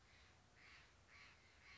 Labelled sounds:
Steller's Jay
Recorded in Sonoma County, California

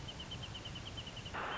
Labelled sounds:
Wrentit
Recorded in Sonoma County, California

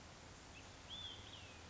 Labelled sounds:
Olive-sided Flycatcher
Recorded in Sonoma County, California

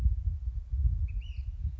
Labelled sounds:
Ash-throated Flycatcher
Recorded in Sonoma County, California

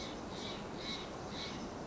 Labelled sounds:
Steller's Jay
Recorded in Sonoma County, California

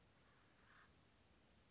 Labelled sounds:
Acorn Woodpecker
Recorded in Sonoma County, California

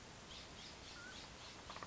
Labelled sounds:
Mountain Quail
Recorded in Sonoma County, California

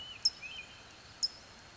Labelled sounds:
California Towhee
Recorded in Sonoma County, California

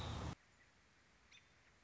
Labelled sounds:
American Robin
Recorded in Sonoma County, California

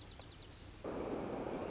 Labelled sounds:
White-crowned Sparrow
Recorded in Sonoma County, California

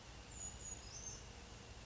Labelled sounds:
Brown Creeper
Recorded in Sonoma County, California

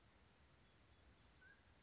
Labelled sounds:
Mountain Quail
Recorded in Sonoma County, California

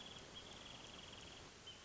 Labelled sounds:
Wrentit
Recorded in Sonoma County, California

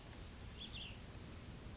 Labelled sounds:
Cassin's Vireo
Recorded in Sonoma County, California

